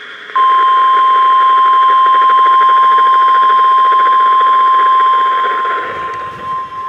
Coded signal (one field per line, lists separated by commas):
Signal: Emergency Alert System (SAME) tones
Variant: 1050 Hz attention tone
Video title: Tornado Watch #503 (EAS #1637)